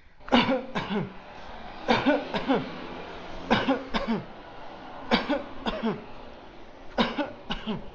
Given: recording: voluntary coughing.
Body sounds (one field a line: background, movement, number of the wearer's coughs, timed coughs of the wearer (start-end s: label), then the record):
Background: traffic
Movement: walking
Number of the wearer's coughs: 10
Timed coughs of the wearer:
0.30-0.73 s: cough
0.74-1.12 s: cough
1.86-2.26 s: cough
2.26-2.69 s: cough
3.48-3.87 s: cough
3.92-4.26 s: cough
5.09-5.45 s: cough
5.65-5.98 s: cough
6.95-7.36 s: cough
7.49-7.88 s: cough
From the record:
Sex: male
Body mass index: 20.6 kg/m2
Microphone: on the chest, facing outward